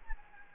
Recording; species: mosquito wingbeat signal from an infrared sensor; Aedes albopictus